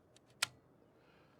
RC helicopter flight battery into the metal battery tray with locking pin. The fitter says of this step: little hard to do when I'm not looking forward, but you'll hear the audible click when the battery locks in.